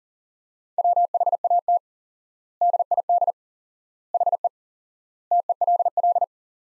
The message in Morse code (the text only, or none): WHAT DID HE TELL